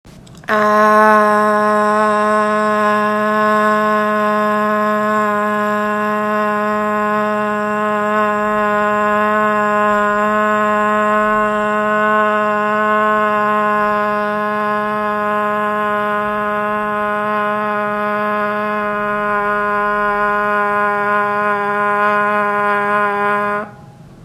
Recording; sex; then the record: sustained vowel /a/; female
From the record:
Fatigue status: no fatigue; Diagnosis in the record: COVID-19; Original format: m4a